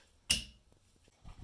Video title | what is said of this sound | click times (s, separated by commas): DIY How to enter into service mode and change wiper blades on a Volkswagen Golf alltrack | Slide the new one in till it clicks. | 0.3 s